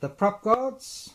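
A plastic propeller guard is being handled for fitting onto the arm of a WLToys Q696-D RC quadcopter, and nothing has seated or clicked yet. Someone talks through most of the clip, followed by a brief hiss and a faint low tap near the end.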